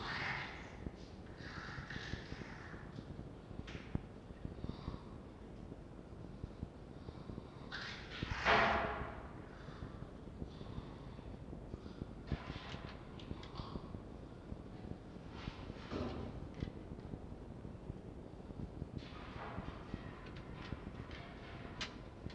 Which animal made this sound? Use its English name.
Red Fox